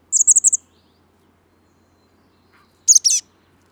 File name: chestnut backed chickadee